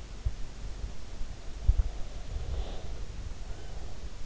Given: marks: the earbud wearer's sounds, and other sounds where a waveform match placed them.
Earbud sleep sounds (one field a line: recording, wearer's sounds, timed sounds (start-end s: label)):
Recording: sounds in sleep by an in-ear microphone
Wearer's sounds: breath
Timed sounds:
1.14-4.25 s: breath